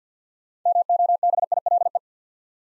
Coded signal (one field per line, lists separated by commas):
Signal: Morse code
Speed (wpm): 48 wpm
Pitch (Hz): 700 Hz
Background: none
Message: MOBILE